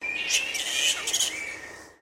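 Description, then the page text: Black flying foxes calling together: dense, overlapping harsh screeches and chatter over a steady high squeal for two seconds. Group of black flying foxes calling in Noosa, Queensland. "Animal Black Flying Fox Group Call. Flying foxes (bats) in Noosa Queensland"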